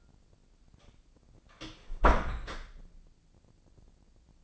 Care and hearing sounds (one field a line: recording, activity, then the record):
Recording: daily activity, microphone in the room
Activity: close door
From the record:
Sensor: 5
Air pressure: 1009.3 hPa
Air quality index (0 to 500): 167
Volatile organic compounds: 2 ppm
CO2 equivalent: 1275 ppm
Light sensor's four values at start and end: 159/376/160/173 and 159/376/160/173